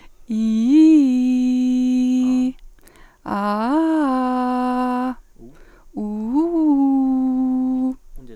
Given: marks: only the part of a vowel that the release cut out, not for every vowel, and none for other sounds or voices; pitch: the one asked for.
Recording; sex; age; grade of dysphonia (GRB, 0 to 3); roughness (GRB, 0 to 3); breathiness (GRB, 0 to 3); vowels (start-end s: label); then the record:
sustained vowels; female; 30 to 39 years; 0; 0; 0
0.43-1.89 s: vowel /i/, low-high-low pitch
3.37-4.84 s: vowel /a/, low-high-low pitch
6.04-7.74 s: vowel /u/, low-high-low pitch
From the record:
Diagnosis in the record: healthy voice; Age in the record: 33 years